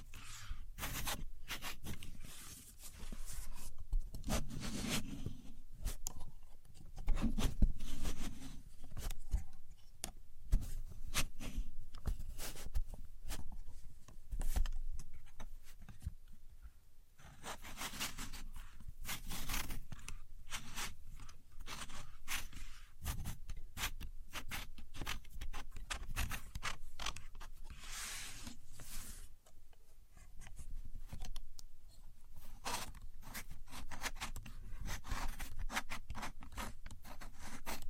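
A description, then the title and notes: A contour gauge is handled and pressed, its many thin pins sliding and clicking in dense, rapid bursts of bright, scratchy ticks. The rattling runs almost without pause through the whole stretch, with brief lulls near 17 and 30 seconds and soft low thumps underneath. Using A Contour Gauge (No Talking).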